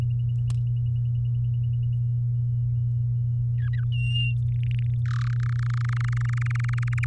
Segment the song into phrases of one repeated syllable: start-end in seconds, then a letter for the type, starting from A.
3.58-3.84 A, 3.92-4.34 B, 4.52-4.94 C, 5.05-5.34 D, 5.36-7.05 E